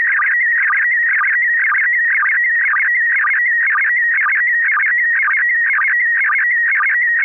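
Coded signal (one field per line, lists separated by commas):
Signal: SSTV (slow-scan television)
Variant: PD120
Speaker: what we're generally doing is using pd12 20 which is the same mode that's used at the by the International Space Station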